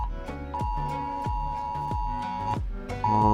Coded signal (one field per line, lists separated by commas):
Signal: Emergency Alert System (SAME) tones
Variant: 853 and 960 Hz attention tone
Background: music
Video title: Emergency Alert Severe Kya Hai - Achanak Phone Me Kyu Aaya? Full Explain